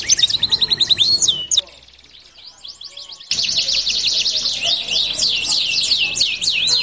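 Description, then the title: Belgian canary song: fast repeated high notes, a brief quieter pause with faint sweeps, then a loud dense run of rapid zigzag trills. Belgian canary song used to warm up canaries and prompt them to sing along within seconds. "Canto Para Esquentar Canário Belga. LANGSUNG NYAUT. Pancingan suara kenari hitungan detik langsung ikut bunyi"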